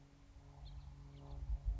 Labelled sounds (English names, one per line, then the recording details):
House Finch
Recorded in Sonoma County, California